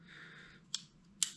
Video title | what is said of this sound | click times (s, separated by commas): FX DYNAMIC/PANTHERA full assembly | so now we already have this positive click when I hold my finger on it | 0.8 s, 1.2 s